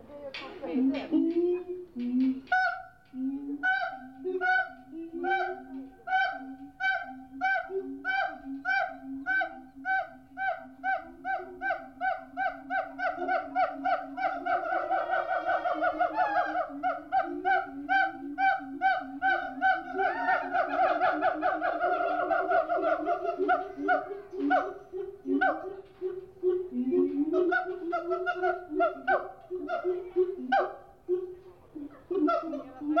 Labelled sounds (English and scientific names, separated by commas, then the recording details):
Siamang (Symphalangus syndactylus)
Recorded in captivity
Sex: diverse
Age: diverse
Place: Zoo Berlin, Berlin, DE
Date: 1987-08-13
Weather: bedeckt
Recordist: Tembrock, Günter